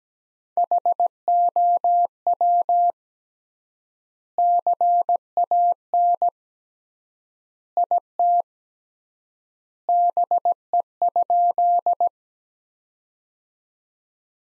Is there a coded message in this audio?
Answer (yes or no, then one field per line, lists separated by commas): yes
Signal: Morse code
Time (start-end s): 0.6-12.1 s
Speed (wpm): 17 wpm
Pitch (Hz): 700 Hz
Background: none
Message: HOW CAN IT BE?